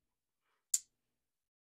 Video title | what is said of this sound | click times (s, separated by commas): Converting Athearn F7A Dummy Locomotive | And the bottom snaps in place. | 0.7 s